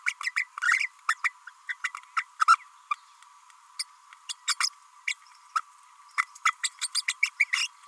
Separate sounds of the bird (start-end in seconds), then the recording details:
0.06-0.14, 0.23-0.32, 0.36-0.45, 0.62-0.89, 1.08-1.14, 1.23-1.33, 1.68-1.75, 1.84-1.91, 2.16-2.25, 2.39-2.44, 2.48-2.56, 2.91-2.94, 3.79-3.83, 4.29-4.33, 4.59-4.69, 5.07-5.14, 5.55-5.61, 6.17-6.26, 6.45-6.54, 6.63-6.70, 6.81-6.88, 6.95-7.02, 7.08-7.14, 7.22-7.30, 7.39-7.44, 7.52-7.68. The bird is a female. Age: 31 days. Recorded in a nest box in Venezuela. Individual 17B32A5